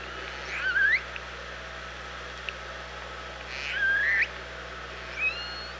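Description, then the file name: Orca calls, a wavering rising call, then a longer upsweep about three seconds later and a short rising call at the end, over steady underwater hiss. OrcaLab, 24 August 2017, about 07:44. "Orca Lab UTLN JASON 20170824 074409"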